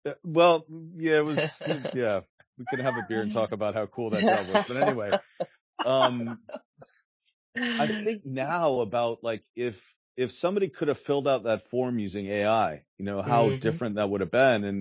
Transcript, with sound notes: Well, yeah, it was, yeah, we could have a beer and talk about how cool that job was. *laughs* But anyway, I think now about if somebody could have filled out that form using AI, you know, how different that would have been.